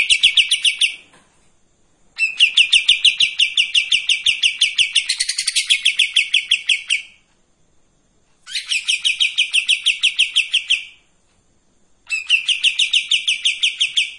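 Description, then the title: Streak-eared bulbul pouring out long, rapid, rattling trills of high notes, some lasting several seconds, separated by short silences. Sings energetically in tembakan and long besetan styles; intended as a training song for white-rumped shamas. "KAPAS TEMBAK GACOR TEMBAKAN DAN BESETAN PANJANG MASTERAN MURAI BATU PASTOL"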